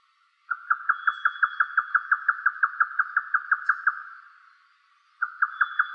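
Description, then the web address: Grey nightjar calling a rapid run of hollow knocking notes that fades away, a short pause, then starting again; a faint thin high whine in the background. "yotaka"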